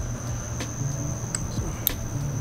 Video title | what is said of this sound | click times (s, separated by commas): MRA Windscreen - ZX-10RR/Fender Eliminator - ZX-6R | you'll hear it snap when you plug it in, and then of course, top to bottom. | 1.9 s